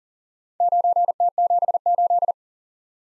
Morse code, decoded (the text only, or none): 9T78